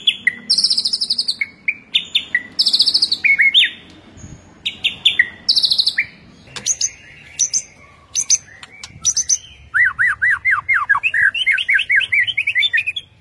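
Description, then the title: White-rumped shama song: varied loud phrases of sharp high whistles and chattering notes, then a rapid rising-and-falling series of swooping whistled notes. Masteran (training) track; full ngerol and nembak song styles. "Masteran Murai Batu Full Ngerol Nembak"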